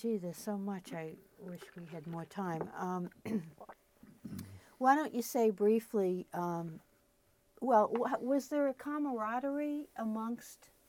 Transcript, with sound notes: There's so much; I wish we had more time. [clears throat] Why don't you say briefly — well, was there a camaraderie amongst